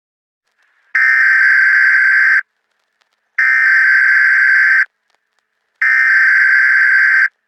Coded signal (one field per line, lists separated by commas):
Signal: Emergency Alert System (SAME) tones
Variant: header bursts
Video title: (RECOVERED EAS RECORDINGS) Drowning In Pittsburgh